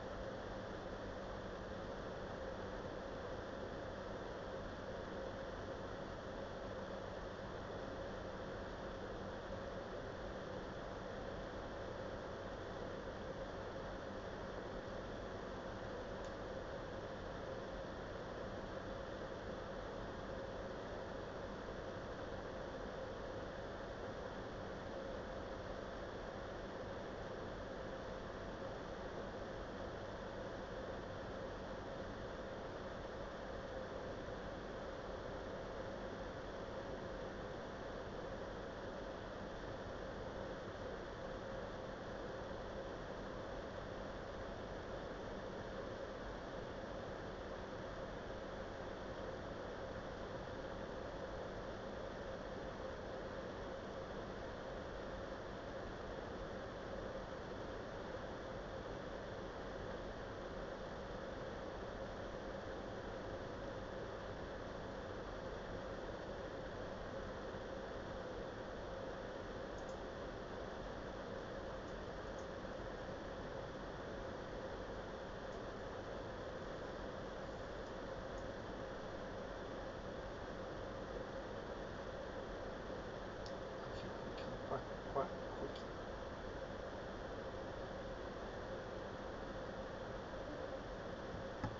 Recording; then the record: background sound without coughing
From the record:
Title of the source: wind